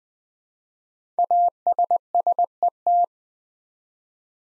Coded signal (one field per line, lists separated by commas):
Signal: Morse code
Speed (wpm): 20 wpm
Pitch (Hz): 700 Hz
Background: none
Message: ASSET